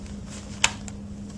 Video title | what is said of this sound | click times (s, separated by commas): Graco Pack 'n Play Playard with Reversible Seat & Changer LX, Basin | I can rotate 180 degrees and now I'm gonna push down to lock it in place and you'll hear a snap there | 0.6 s